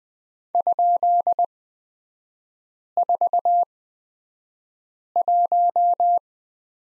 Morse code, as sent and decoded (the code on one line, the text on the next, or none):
..--.. ....- .----
?41